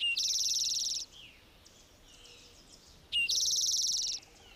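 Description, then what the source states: Spotted Towhee song: a brief introductory note followed by a high, dry buzzy trill lasting about a second, repeated after roughly three seconds, with faint other bird notes between. Western form of the former rufous-sided towhee, split into its own species because of differences in plumage, songs and genetics.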